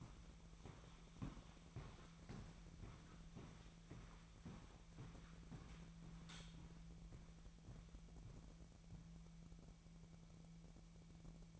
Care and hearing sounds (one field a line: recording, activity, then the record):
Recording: daily activity, microphone in the room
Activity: walk to room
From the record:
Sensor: 1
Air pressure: 1012.3 hPa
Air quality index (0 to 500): 194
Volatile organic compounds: 4 ppm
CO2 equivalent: 1560 ppm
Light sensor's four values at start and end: 76/185/77/83 and 84/202/85/91